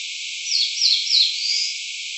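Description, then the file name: Eastern crowned warbler singing a phrase of three falling, slurred whistles, ending in a longer drawn note, with constant hiss behind. Recorded at Kawakami on 14 May 2024. "sendaimushikui Kawakami Sannokou Uemura Shingo"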